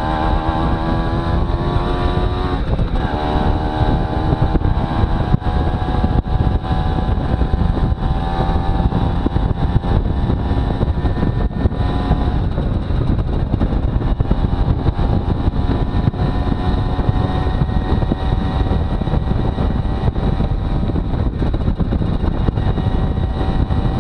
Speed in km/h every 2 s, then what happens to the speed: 32, 35, 37, 38, 39, 39, 39, 40, 42, 43, 42, 43.
0-5 speeds up to 38. 5-24 steady at about 40.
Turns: none.